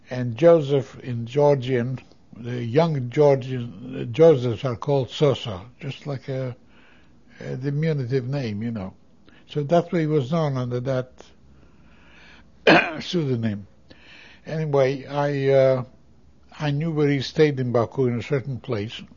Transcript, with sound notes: and Joseph in Georgian, the young Georgian Josephs are called Soso, just like a, uh, diminutive name, you know. So that's what he was known under, that ( he coughs ) pseudonym. Anyway, I, uh, I knew where he stayed in Baku, in a certain place.